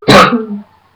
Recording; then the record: coughing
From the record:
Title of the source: Barking cough - # 10